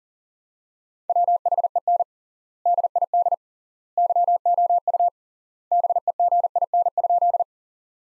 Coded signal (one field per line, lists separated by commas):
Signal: Morse code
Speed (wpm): 40 wpm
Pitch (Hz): 700 Hz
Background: none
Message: WHEN DID YOU BEGIN?